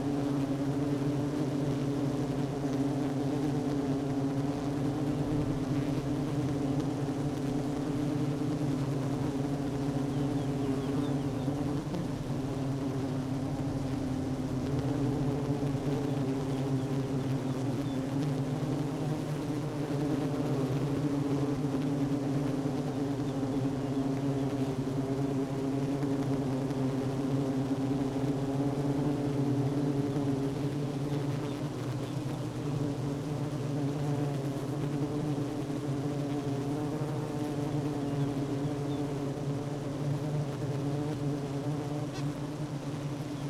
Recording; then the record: honeybee colony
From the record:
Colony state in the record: active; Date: 12 June 2018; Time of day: 10:16